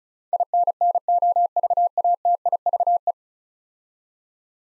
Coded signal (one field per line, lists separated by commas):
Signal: Morse code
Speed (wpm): 36 wpm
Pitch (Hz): 700 Hz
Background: none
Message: INNOVATIVE